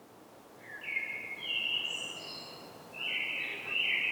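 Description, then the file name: Common blackbird song, fairly quiet: a fluted phrase rising into high squeaky notes, then a second phrase begins, with steady background hiss. "Turdus merula"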